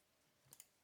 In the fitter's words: and then simply replacing it so it does have a magnetic catch right there so you can hear it snap on